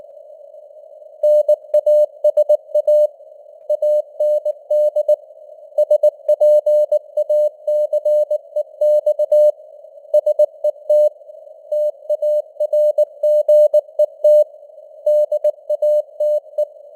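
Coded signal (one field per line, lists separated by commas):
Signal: Morse code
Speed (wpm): 19 wpm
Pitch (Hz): 600 Hz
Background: none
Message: NASA AND SPACEX SET TARGET DATE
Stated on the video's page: News headlines in Morse at 19 wpm with simulated radio noise and varying signal strength (QSB).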